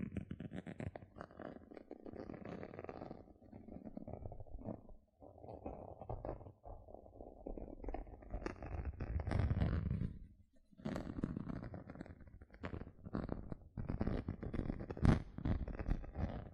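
Gentle scratching, a dense, steady run of soft rustling strokes that stays mostly low and muffled with brighter scratchy edges. Brief pauses fall near 5 and 10.5 seconds, and a sharper tap stands out around 15 seconds.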